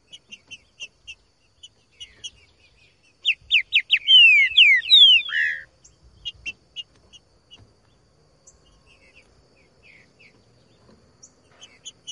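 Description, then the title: Trinca-ferro: songbird song: a run of loud, clear descending whistled notes in the middle, between faint scattered high chips and short notes. Recorded in the bush; used to make a trinca-ferro sing and to warm it up (esquentar); song type 'voz 10'. "Canto De Trinca Ferro Voz 10. TRINCA FERRO CANTANDO NO MATO. ESQUENTAR TRINCA FERRO"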